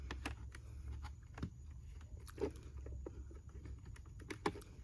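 A replacement plastic visor is handled against a motorcycle helmet's side mount, making small scattered clicks and taps over a low background hum. Nothing has seated or clicked into place yet.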